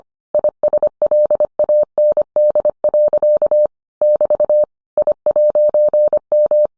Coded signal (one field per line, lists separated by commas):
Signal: Morse code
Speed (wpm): 25 wpm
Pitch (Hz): 600 Hz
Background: none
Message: ISLAND. <BT> I'M